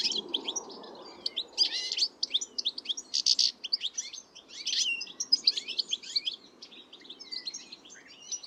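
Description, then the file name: European goldfinch twittering song, rapid liquid chirps and tinkling notes in quick varied bursts. "Carduelis carduelis"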